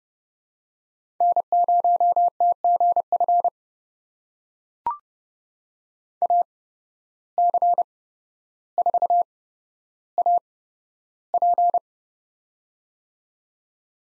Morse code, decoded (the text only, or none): N0TGF AC4AP